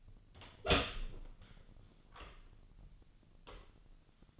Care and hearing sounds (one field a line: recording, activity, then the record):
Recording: daily activity, microphone in the room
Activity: open door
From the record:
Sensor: 4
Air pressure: 1010.1 hPa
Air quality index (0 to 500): 195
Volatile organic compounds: 3 ppm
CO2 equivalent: 1401 ppm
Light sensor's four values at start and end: 38/92/38/40 and 35/86/36/38